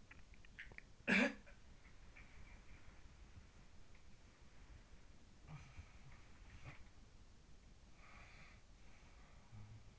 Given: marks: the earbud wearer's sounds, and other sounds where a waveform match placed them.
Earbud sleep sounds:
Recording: sounds in sleep by an in-ear microphone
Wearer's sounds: teeth grinding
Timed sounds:
0.00-0.98 s: teeth grinding
0.98-3.11 s: sound from someone else or the room
5.37-6.91 s: sound from someone else or the room
7.85-9.99 s: sound from someone else or the room

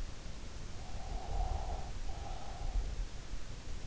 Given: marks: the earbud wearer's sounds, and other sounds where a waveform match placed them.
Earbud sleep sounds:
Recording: sounds in sleep by an in-ear microphone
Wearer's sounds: breath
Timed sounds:
0.56-3.08 s: breath

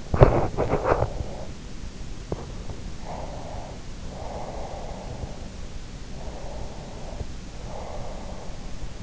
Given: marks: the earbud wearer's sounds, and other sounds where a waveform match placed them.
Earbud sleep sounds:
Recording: sounds in sleep by an in-ear microphone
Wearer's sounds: teeth grinding, breath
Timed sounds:
0.00-1.65 s: teeth grinding
2.79-5.77 s: breath
6.05-8.97 s: breath

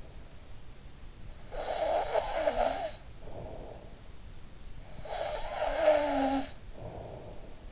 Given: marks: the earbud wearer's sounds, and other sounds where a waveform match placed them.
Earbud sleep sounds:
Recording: sounds in sleep by an in-ear microphone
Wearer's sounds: snoring breath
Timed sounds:
1.26-4.06 s: snoring breath
4.81-7.72 s: snoring breath

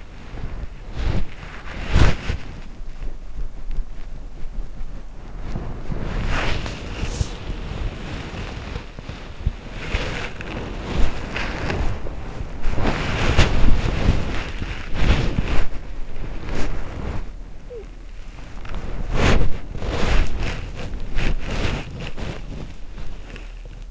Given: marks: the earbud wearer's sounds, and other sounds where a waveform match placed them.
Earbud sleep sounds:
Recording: sounds in sleep by an in-ear microphone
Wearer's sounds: body movement, talking in sleep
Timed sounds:
0.00-23.91 s: body movement
17.57-17.91 s: talking in sleep

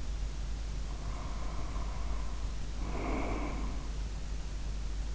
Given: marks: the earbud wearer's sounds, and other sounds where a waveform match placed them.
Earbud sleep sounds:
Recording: sounds in sleep by an in-ear microphone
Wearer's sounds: breath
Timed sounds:
0.86-3.93 s: breath

